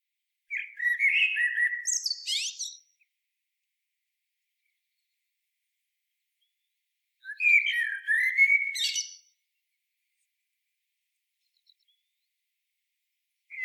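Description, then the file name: Common blackbird song: two separate phrases, each a low warble followed by a shrill scratchy twitter, separated by a few seconds of quiet. "Turdus merula"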